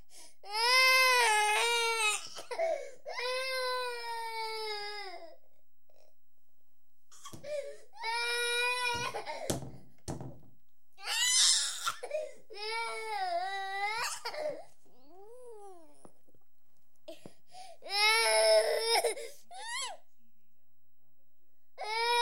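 A 4-year-old child cries in repeated high wailing bursts with sobbing pauses and whimpers, in a small room.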